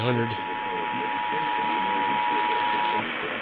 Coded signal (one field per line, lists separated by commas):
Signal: Emergency Alert System (SAME) tones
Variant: 853 and 960 Hz attention tone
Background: speech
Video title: TONES, TONES, & MORE TONES... EAS Tests from 12/3/24 - 12/19/24 (EAS #5,177 - 5,286)